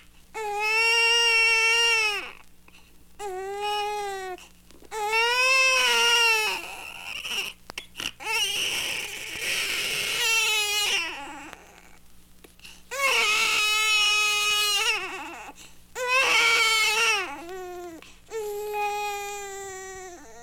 Baby crying.